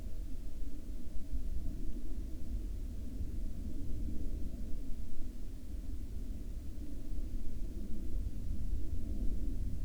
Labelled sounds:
aircraft
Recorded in the Arctic National Wildlife Refuge, Alaska, on 22 July 2019 at 11:53
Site 48

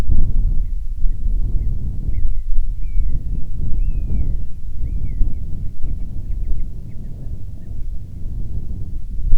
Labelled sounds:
bird
wind
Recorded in the Arctic National Wildlife Refuge, Alaska, on 10 July 2019 at 18:01
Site 44

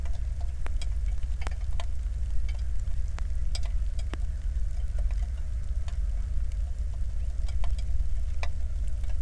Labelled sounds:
waterfowl
flare stack
rain
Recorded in the Prudhoe Bay oil fields, Alaska, on 1 August 2019 at 02:00
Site 25

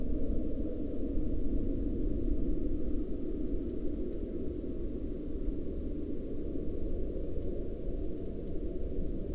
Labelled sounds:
aircraft
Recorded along the Dalton Highway, Alaska, on 24 April 2019 at 00:09
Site 09

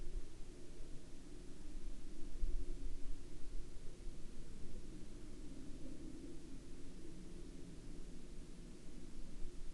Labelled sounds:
aircraft
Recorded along the Dalton Highway, Alaska, on 16 October 2019 at 04:03
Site 07

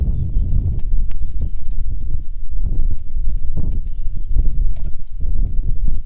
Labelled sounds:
songbird
wind
rain
aircraft
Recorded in the Prudhoe Bay oil fields, Alaska, on 27 July 2019 at 18:30
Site 19

